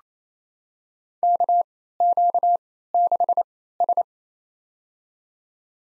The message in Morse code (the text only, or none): KQ6S